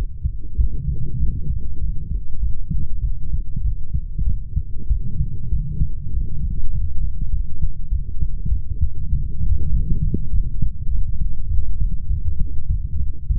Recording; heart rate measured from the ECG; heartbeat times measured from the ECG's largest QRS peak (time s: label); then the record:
heart sounds by stethoscope; 99 bpm
0.57 s: heartbeat
1.19 s: heartbeat
1.80 s: heartbeat
2.41 s: heartbeat
3.02 s: heartbeat
3.63 s: heartbeat
4.25 s: heartbeat
4.88 s: heartbeat
5.50 s: heartbeat
6.12 s: heartbeat
6.72 s: heartbeat
7.31 s: heartbeat
7.90 s: heartbeat
8.50 s: heartbeat
9.11 s: heartbeat
9.71 s: heartbeat
10.31 s: heartbeat
10.90 s: heartbeat
11.49 s: heartbeat
12.08 s: heartbeat
12.68 s: heartbeat
13.28 s: heartbeat
From the record:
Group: healthy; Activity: light exercise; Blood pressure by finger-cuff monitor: 139/49 mmHg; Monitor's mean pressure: 79 mmHg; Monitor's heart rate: 99 bpm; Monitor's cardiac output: 13.3 L/min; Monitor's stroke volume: 134 mL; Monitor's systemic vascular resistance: 410 dyn s/cm5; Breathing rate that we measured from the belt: 15 breaths a minute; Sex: female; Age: 32 years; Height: 168 cm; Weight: 61.9 kg